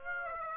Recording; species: mosquito wingbeat signal from an infrared sensor; Aedes aegypti